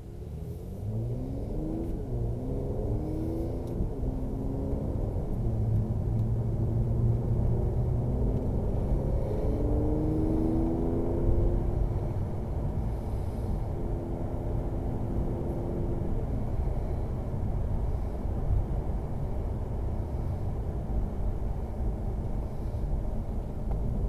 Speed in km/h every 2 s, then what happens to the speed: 19, 46, 53, 56, 68, 83, 82, 83, 84, 79, 77, 71.
0-10 speeds up to 83. 10-16 steady at about 83. 16-24 slows to 71.